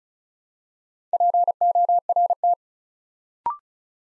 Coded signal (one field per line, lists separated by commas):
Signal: Morse code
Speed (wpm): 36 wpm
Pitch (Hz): 700 Hz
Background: none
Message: PORT